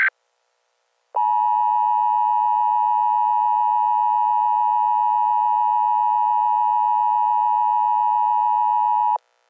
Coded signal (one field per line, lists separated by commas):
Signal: Emergency Alert System (SAME) tones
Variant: 853 and 960 Hz attention tone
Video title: EAS Scenario #15: The Great New York Blizzard